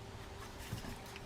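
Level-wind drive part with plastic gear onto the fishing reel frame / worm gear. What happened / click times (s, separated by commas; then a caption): The part is being handled and has not seated yet / none. A level-wind drive part with a plastic gear is being fitted back onto the frame of a Fin Nor OFL30 saltwater level-wind fishing reel so the gear meshes with the worm gear. Faint handling noises and a brief tick at about 1.2 s sound over a steady low background rumble. Nothing has snapped into place or seated yet.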